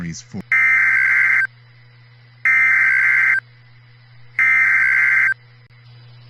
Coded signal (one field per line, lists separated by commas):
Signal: Emergency Alert System (SAME) tones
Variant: header bursts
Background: speech